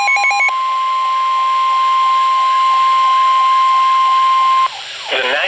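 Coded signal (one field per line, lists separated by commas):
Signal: Emergency Alert System (SAME) tones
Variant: 1050 Hz attention tone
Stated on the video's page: Severe Thunderstorm Warning from NOAA Weather Radio station WXJ87 Madison, Wisconsin.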